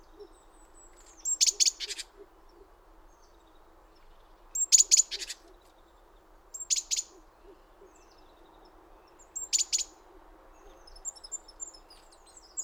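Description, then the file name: Great tit scolding call: a brief thin note then a dry buzzy churr, repeated several times at uneven intervals, with quiet pauses between. "Parus major"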